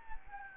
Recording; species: mosquito wingbeat signal from an infrared sensor; Anopheles gambiae